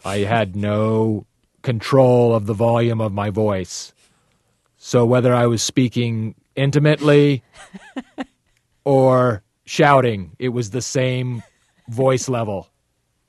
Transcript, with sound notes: I had no control of the volume of my voice. So whether I was speaking intimately...
(SOUNDBITE OF LAUGHTER)
...or shouting, it was the same voice level.